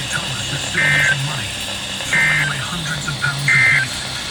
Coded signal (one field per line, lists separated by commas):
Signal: Emergency Alert System (SAME) tones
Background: speech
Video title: SVR And Flood Warning (EAS 398-399)